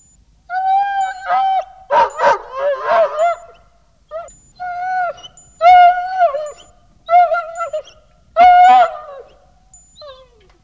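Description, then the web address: Dog giving high, tonal whining yelps in short bursts, mixed with a few harsher barks, repeated irregularly with brief pauses between. "Hund"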